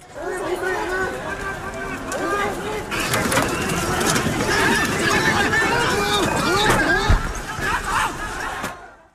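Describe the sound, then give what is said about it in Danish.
A street demonstration crowd in Hong Kong: many voices shouting and chanting at once in a dense, continuous roar, with shrill cries and whistle-like calls rising above it, loud throughout before cutting off. “Ja, som man kan høre her, så er der så fortsat demonstrationer i Hongkong, og i weekenden der anholdt politiet flere end 20 personer efter voldelige sammenstød med demonstranterne.”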